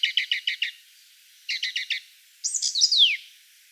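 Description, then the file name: Song Thrush singing a short clipped note repeated five times, then the same note four times, followed by a higher sweeping, descending phrase. From a collection of forest songbirds. "Pevchie pticy lesa - Pevchij drozd"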